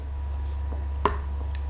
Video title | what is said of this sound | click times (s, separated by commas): How to be a WIZZ at tying the FG KNOT | loop in that line and what you can do and pull that you're gonna hear a little click so | 1.1 s